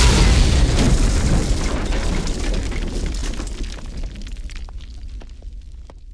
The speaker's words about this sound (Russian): Судно сотрясло от дикого взрыва. Щиты затрещали, ослабли, создавая брешь.